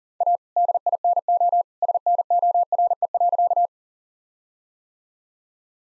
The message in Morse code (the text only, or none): A DINO SNORE.